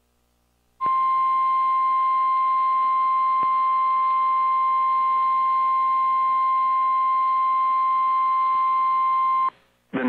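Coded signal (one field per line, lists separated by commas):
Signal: Emergency Alert System (SAME) tones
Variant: 1050 Hz attention tone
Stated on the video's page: Real EAS SAME alerts personally captured in the Deep South.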